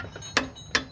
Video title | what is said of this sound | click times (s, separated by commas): My Corvette Journey My C4 Corvette 4L60E Transmission Install C4 Corvette | okay you hear the click that's 45 lb | 0.4 s, 0.8 s